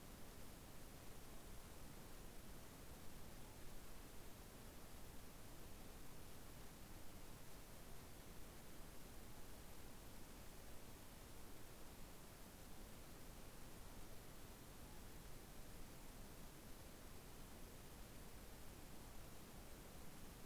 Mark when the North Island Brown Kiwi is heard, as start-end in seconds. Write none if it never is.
none